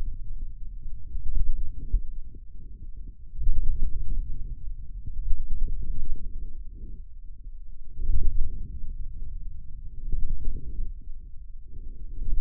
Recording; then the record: forearm muscle sounds (acoustic myography)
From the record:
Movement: ulnar deviation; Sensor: system 2, bracelet of six BSWA MPA416 microphones around the upper forearm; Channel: 6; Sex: male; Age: 22 years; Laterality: right